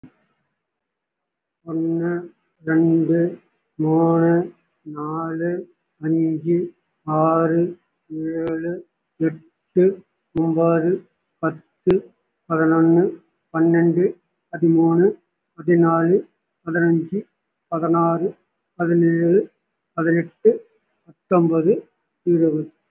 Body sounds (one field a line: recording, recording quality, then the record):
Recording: counting at a normal pace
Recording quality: excellent, no background noise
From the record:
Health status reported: respiratory illness, not identified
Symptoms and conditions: fatigue, another respiratory illness, another condition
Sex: male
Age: 65 years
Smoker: no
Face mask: worn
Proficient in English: no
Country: India